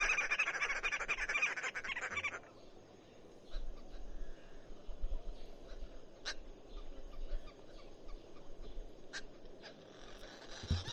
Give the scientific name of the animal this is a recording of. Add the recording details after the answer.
Phoeniculus purpureus. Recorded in northern Uganda